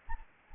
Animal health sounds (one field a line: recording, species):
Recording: mosquito wingbeat signal from an infrared sensor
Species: Anopheles gambiae